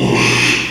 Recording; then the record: squeal of a Yucatan mini pig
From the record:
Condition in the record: after surgery on the right vocal fold (resection and tissue-engineered implant); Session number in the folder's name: 1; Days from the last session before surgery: 6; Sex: male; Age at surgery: 12 weeks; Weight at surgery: 13 kg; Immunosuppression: cyclosporine, prednisolone